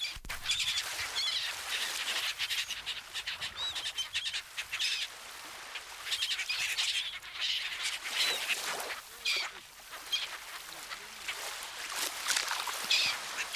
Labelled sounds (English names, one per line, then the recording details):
Black-headed Gull call
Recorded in the wild
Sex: group
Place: Heringsdorf, Insel Usedom, Mecklenburg-Vorpommern, DE
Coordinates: 53.9569, 14.1542
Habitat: Baltic Sea, beach
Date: 1983-09-18 17:37
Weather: sunny, 17°C
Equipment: Nagra SN, Sennheiser MKH 416 T, Kopie Uher 4000 Report Monitor
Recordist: Tembrock, Günter